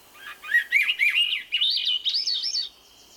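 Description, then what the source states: Swainson's thrush song, a run of quick fluty, reedy phrases climbing step by step in pitch over about two seconds. Full song, which spirals upward in pitch.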